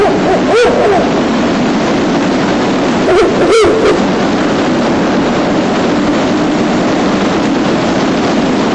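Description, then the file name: Ural owl hooting twice, about three seconds apart, with each note short and slurred, under constant loud rushing noise. Male, recorded 24 May 2019 at 19:36 in a forest. "フクロウ♂ 少年の森"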